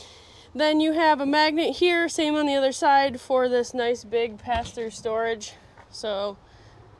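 Someone talks while handling the large exterior pass-through storage door of a Rockwood Mini Lite 2511S, which has a magnetic catch on each side. Speech fills the clip, and the door has not yet closed onto its magnetic catch, so nothing has clicked or seated by the end.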